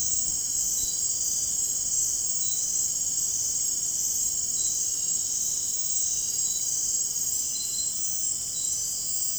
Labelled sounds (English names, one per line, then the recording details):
none
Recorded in dense forest near Puerto Asís, Putumayo, Colombia, on 30 June 2025 at 02:30
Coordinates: 0.503, -76.323
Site G059